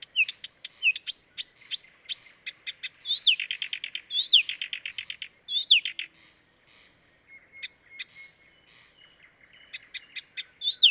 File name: life dviete. acrocephalus dumetorum